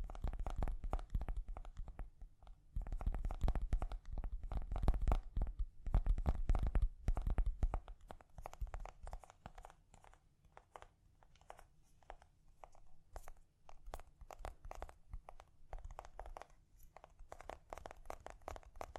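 Gentle tapping: quick taps come in dense, uneven flurries with a soft crinkly texture and a dull low thump. For the first eight seconds they are fuller and busier, then they thin into lighter, sparser taps.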